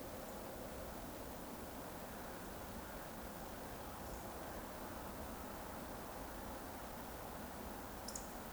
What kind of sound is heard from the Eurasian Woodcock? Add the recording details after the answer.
whistle. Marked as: whistle, whistle, whistle. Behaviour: display flight. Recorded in Baden-Württemberg, Germany, on 15 June 2020 at 20:28 UTC. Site 14569, 102 m above sea level